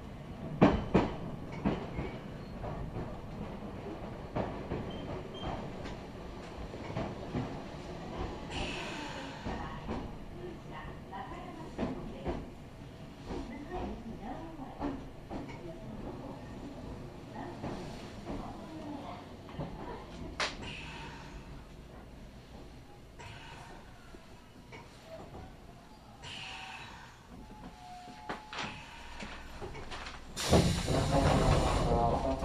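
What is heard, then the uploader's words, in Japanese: Inside a local train, a steady low rumble with scattered clacks and hisses, brief voices, and a loud burst of noise near the end. 耳で楽しむ鉄道旅 南海電鉄南海線 普通 泉佐野→箱作。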